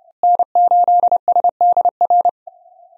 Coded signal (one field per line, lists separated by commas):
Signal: Morse code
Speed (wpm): 30 wpm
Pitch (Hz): 710 Hz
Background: none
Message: N8SDR